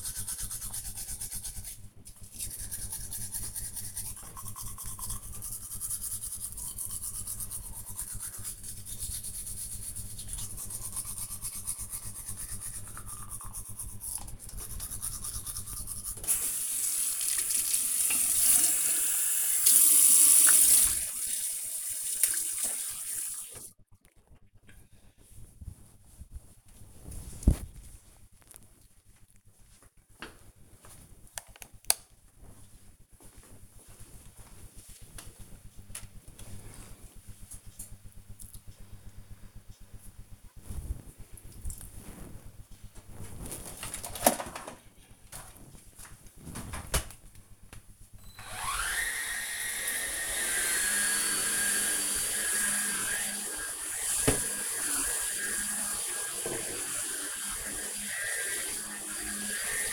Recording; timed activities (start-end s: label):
household activities, microphone on the right wrist
0.00-23.36 s: brushing teeth
43.48-59.93 s: vacuum cleaning